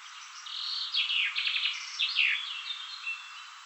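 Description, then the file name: Common chaffinch song: a short, lively phrase of falling notes that run into a brisk rattle and a slurred flourish. "Fringilla coelebs"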